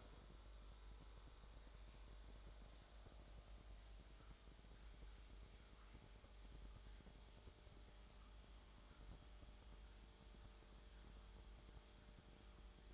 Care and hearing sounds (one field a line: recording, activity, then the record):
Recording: daily activity, microphone in the room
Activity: make coffee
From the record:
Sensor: 3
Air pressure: 1007.3 hPa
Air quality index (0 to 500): 54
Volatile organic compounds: 1 ppm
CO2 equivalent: 590 ppm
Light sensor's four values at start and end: 8/18/7/8 and 8/19/8/8